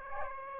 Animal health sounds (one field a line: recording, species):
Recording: mosquito wingbeat signal from an infrared sensor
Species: Aedes aegypti